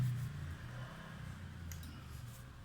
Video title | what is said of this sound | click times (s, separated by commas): วิธีใส่สปริงโช๊คอัพง่ายๆด้วยตัวเอง | มูลให้มันตรงครับอ่าหมุนมันเข้าล็อคมันพอดีแหละตัวนี้หมุนลองมาพอดีครับ | 1.7 s